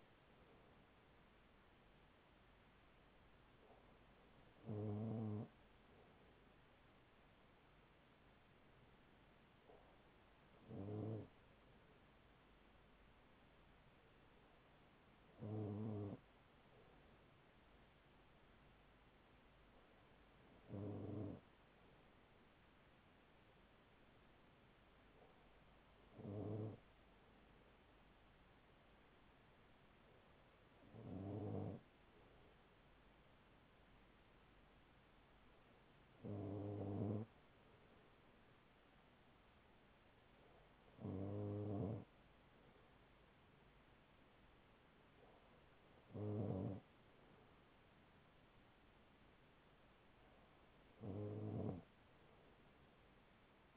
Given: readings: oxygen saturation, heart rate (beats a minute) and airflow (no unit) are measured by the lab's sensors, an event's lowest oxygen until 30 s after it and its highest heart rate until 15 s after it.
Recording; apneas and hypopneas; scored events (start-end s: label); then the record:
breathing in sleep by a voice recorder at the bedside; none
none scored
From the record:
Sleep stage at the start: N2 (light sleep); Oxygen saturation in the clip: 94 to 96%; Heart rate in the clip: 38 to 43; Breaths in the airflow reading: 11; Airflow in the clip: -5.3 to 4.7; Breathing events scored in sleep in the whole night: 207 in 7.6 hours asleep